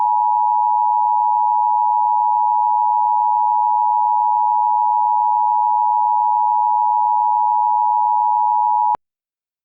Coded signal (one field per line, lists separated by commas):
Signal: Emergency Alert System (SAME) tones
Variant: 853 and 960 Hz attention tone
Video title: (Re-upload) EAS Scenario #2: SK-Class